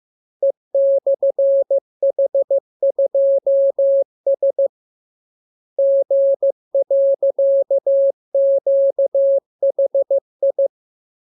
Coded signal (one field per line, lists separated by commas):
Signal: Morse code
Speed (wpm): 15 wpm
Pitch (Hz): 550 Hz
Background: none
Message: E/H2S G.QHI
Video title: Learning Morse Code. Lesson 31. Letter KMURESNAPTLWI.JZ=FOY,VG5/Q92H38B